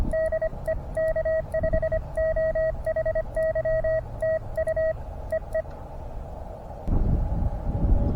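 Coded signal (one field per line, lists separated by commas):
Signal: Morse code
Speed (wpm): 25 wpm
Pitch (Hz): 640 Hz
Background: radio noise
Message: DE K5OHY TU EE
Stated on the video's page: 5 W QRP CW test signal for Reverse Beacon Network, comparing 1/4-wave vertical with elevated radials against 29' end-fed random wire via 9:1 unun and tuner, four bands.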